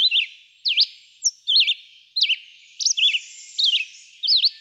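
Red-eyed vireo song of short slurred whistled phrases, some V-shaped and some wavering, separated by short pauses.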